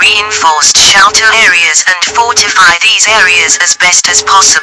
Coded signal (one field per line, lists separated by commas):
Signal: Emergency Alert System (SAME) tones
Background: speech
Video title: WW3 EAS Part 5B: The End of the Beginning